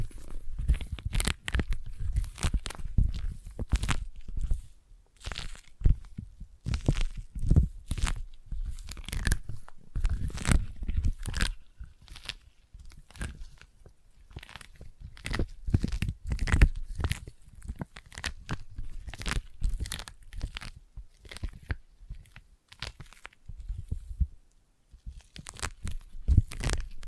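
Sticky tapping and sticky triggers: dense clusters of short, crackling peeling sounds run throughout, each tap pulling with a tacky, tearing snap. The rhythm is fast and irregular, with brief quieter gaps near 5 and 24 seconds before the bursts resume.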